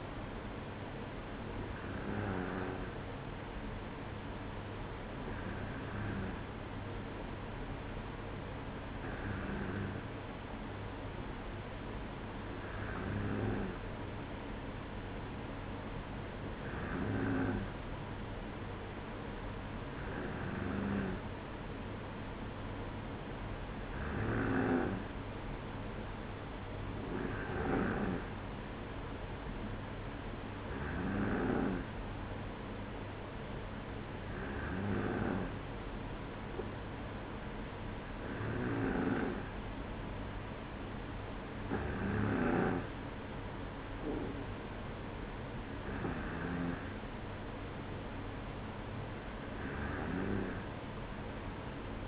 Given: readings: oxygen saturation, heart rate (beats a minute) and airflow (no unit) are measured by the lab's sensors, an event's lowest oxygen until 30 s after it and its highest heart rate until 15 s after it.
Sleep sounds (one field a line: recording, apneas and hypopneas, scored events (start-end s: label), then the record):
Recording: breathing in sleep by a voice recorder at the bedside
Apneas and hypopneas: none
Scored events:
none scored
From the record:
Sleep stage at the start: N2 (light sleep)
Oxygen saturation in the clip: 94%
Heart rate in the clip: 55 to 57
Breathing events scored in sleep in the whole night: 305 in 9.6 hours asleep